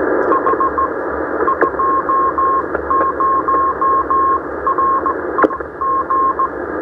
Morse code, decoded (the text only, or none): H 20 REG